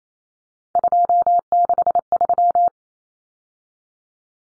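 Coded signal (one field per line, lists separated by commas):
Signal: Morse code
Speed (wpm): 28 wpm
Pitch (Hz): 700 Hz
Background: none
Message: 263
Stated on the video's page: Morse code practice of three-digit numbers at 28 wpm for head-copy.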